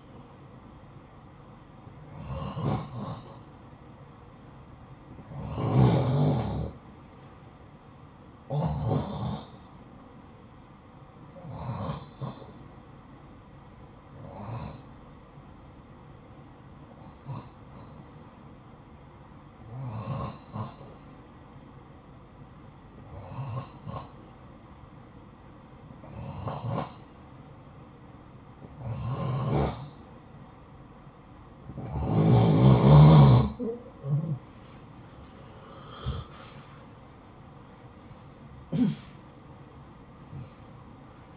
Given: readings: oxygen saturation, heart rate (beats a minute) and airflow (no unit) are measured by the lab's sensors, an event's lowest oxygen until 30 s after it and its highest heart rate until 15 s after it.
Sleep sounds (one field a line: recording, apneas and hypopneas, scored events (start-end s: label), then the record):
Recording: breathing in sleep by a smartphone at the bedside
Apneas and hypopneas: 1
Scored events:
12.00-33.30 s: hypopnea (N2, oxygen 91% highest, then 89% lowest, heart rate 55 at the start, 77 highest)
27.00-41.37 s: new sleep stage, N1 (lightest sleep)
From the record:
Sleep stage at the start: N2 (light sleep)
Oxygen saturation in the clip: 89 to 91%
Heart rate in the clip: 51 to 72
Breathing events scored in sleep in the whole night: 573 in 9.8 hours asleep